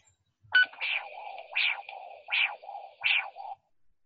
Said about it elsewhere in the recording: So you'll still have a biphasic waveform, but it's sitting above the line. There's some degree of hyperemia there. So that characteristic kind of whip sound is what we're after.